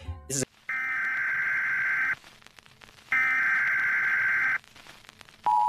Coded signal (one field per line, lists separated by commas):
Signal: Emergency Alert System (SAME) tones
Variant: header bursts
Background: speech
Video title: The WEIRD WORLD of EAS Scenarios